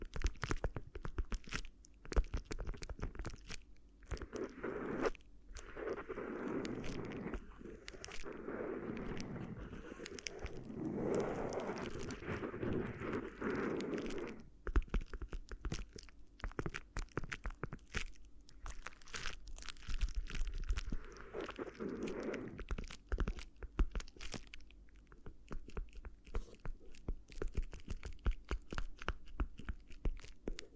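Crinkly ear massage sounds: dense crackling and rustling with many sharp clicks and crunches throughout. Swirling, rubbing swells rise and fall from about 5 to 15 seconds and again near 20 seconds, while a low steady hum sits underneath.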